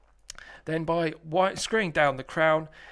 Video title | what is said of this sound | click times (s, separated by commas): Modified Vostok Amphibia 090659 SE Crown Upgrade 4K Watch Review | and you'll hear a loud click and that tells you that the tooth has engaged in the crown winding stem | 0.3 s, 0.4 s